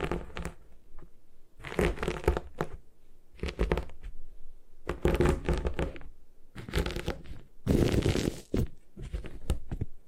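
Gym chalk being crushed and crumbled in repeated gritty bursts, each lasting about a second, separated by short quiet pauses throughout.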